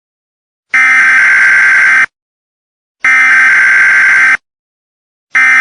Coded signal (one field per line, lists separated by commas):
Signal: Emergency Alert System (SAME) tones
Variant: header bursts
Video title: EAS scenerio brightest sun ever